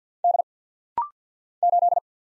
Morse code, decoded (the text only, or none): D 8